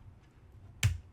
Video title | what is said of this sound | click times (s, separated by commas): Full ASUS Z790 Motherboard Refresh Overview Live Stream - What's New, What Do You Get? | You just want to push in until you hear the click, | 0.8 s